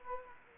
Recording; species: mosquito wingbeat signal from an infrared sensor; Anopheles gambiae